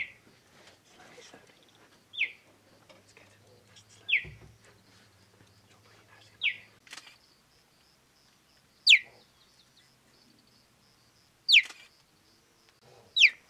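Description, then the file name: Cheetah chirping: short high calls sliding sharply downward, repeated every two seconds or so. "zvuki geparda"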